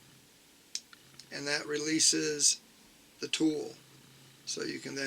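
The awl blade lock on a Leatherman Surge multi-tool is released by pressing the release mechanism on the outside of the metal handle. A sharp click comes at 0.75 s, followed by two fainter ticks, and then someone talks. The lock releases and the awl is unlocked.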